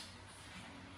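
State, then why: Not seated. The middle of a plastic glazing bead is handled and pushed toward a pet door insert frame, with only a steady, low broadband rustle and no distinct impacts. Nothing has seated or clicked into place yet.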